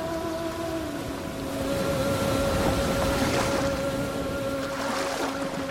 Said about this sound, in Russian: Шум моря говорит мне о вечности.